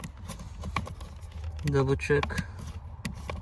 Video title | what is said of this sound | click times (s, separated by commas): FUSE BOX LOCATION ON A 2010 - 2014 FORD MUSTANG | make sure it clicks | 0.8 s